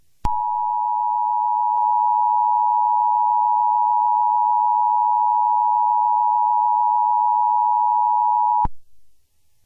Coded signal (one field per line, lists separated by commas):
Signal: Emergency Alert System (SAME) tones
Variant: 853 and 960 Hz attention tone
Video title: (EAS Scenario) The Arctic Tsunami